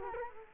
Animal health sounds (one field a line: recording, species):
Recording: mosquito wingbeat signal from an infrared sensor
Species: Culex quinquefasciatus